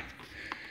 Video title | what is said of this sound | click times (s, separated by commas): How To Replace Weatherstripping on a Double Door | Hear it pop in there. | 0.5 s